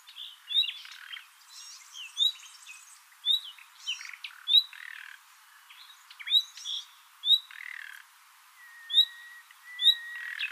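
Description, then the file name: Common nightingale song: sharp rising whistled notes repeated many times, mixed with buzzy, scratchy bursts and a long drawn-out whistle near the end. "Luscinia megarhynchos"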